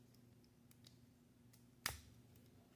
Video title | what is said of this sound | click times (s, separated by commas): Rerelease: Transformers TLK Custom Painted Voyager Megatron | and that should lock into place | 1.9 s